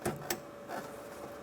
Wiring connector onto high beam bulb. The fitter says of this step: the connector, slide it into the bulb until it clicks.